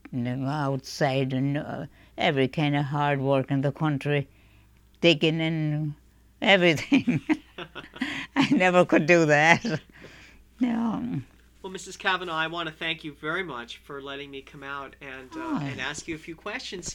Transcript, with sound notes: Outside, and every kind of hard work in the country, digging and everything. ( they laugh ) I never could do that.
Well, Mrs. Cavanaugh, I want to thank you very much for letting me come out and ask you a few questions.